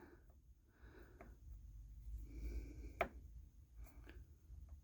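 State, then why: Not seated. The adjuster knob on a faulty Falcon 3.3 adjustable piggyback shock absorber is turned and spins freely with no resistance, over a quiet low hum with faint handling noise and brief taps near 1.2, 3.0 and 4.1 seconds. No detent click is heard at any point, which means something is wrong with the shock.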